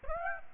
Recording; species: mosquito wingbeat signal from an infrared sensor; Aedes aegypti